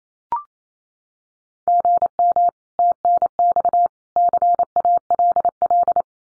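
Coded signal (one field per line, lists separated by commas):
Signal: Morse code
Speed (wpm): 28 wpm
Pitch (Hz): 700 Hz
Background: none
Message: GM TNX CALL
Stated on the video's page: Morse code drill of common QSO phrases at 28 wpm for head-copy.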